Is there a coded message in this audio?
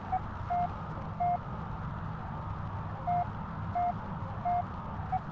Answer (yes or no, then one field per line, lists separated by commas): no